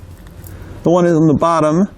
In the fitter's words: you'll want to make sure you're using the one located on top so just poke it down in there until it clicks into place